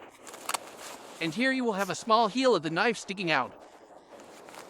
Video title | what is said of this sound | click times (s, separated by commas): Small Fang Knife by Forge 7 Knives - Survival | it will snap into place. | 0.5 s